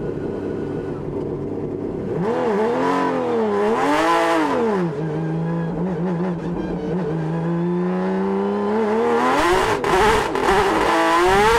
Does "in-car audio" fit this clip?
yes